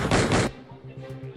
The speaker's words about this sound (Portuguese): Pá, pá, como é que é? Tiros!